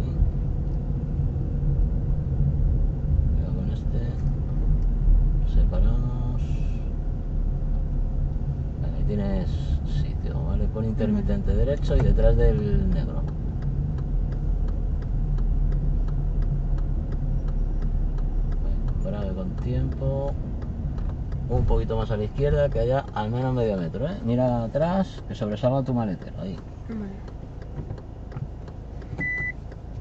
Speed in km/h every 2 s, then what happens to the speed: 21, 21, 19, 17, 19, 20, 20, 19, 17, 16, 11, 3, 2, 0, 0.
0-17 steady at about 19. 17-22 slows to 3. 24-30 standing.